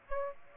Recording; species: mosquito wingbeat signal from an infrared sensor; Aedes aegypti